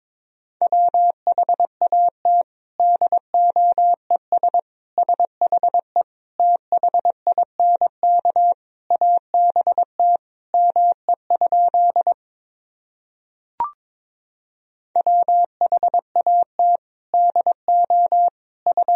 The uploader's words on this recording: Sentences from Top 200 Words and Abbreviations 22wpm. First, the words and abbreviations are sent in Morse code.